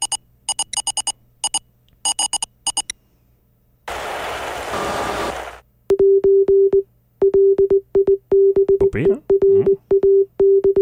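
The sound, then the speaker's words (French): Morse code beeps: a steady mid-pitched tone keyed on and off in short and long pulses, after clusters of buzzy, harmonic-rich beeps and a brief hiss of static. “Donc, si vous voulez bien, on va entendre ce message Morse.”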